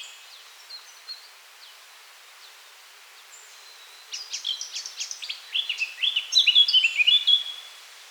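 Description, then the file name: Eurasian blackcap song: a few faint scattered notes, then from about four seconds a loud, rapid, varied warble of chattering and clear fluty notes lasting several seconds. "Sylvia atricapilla"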